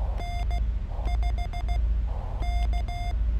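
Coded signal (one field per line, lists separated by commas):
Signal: Morse code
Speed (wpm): 16 wpm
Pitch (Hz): 700 Hz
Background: none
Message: N5K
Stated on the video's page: YL CW POTA activation at Biscayne National Park using a mast-mounted antenna on a hot day.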